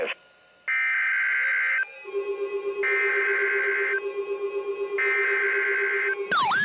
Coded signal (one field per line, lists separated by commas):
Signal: Emergency Alert System (SAME) tones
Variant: header bursts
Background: speech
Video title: SLIGHT RISK INSANITY II. EAS Alerts from 1-18-2023. [EAS #1057 - #1066]